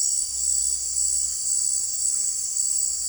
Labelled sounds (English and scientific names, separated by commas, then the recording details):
none
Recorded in secondary vegetation near Puerto Asís, Putumayo, Colombia, on 19 March 2025 at 17:30
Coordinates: 0.499, -76.323
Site G094